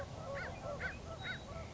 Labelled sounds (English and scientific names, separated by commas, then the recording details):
American Crow (Corvus brachyrhynchos)
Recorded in Sonoma County, California